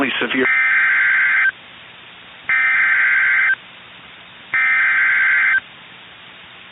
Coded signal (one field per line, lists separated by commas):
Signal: Emergency Alert System (SAME) tones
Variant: header bursts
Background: speech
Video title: Severe Thunderstorm Warning | EAS #420